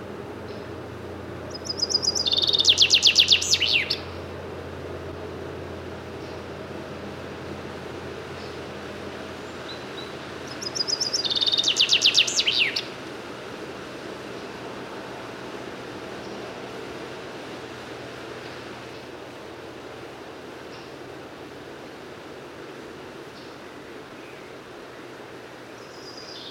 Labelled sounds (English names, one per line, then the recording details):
Common Chaffinch song
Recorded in the wild
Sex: Männlich
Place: Babadag, Dobrogea, RO
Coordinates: 44.695, 28.434
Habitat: Forest
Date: 1976-06-01
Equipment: Nagra III BH, Sennheiser MD 21, parabola
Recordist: Schubert, Michael